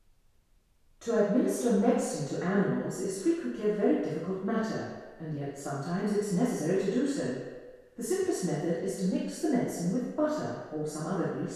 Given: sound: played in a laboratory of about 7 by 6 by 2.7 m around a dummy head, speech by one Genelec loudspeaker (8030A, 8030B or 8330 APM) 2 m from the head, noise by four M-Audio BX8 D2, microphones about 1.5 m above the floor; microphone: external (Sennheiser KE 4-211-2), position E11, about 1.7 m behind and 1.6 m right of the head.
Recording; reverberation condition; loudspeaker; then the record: female speech in English; high; 90 degrees to the right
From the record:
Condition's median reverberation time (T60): about 1300 ms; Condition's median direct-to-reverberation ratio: about -4.0 dB